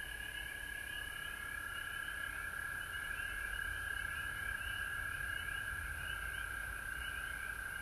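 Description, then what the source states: Frogs calling as one steady, ringing continuous trill. Frogs recorded at home in Georgia on March 19, 2020.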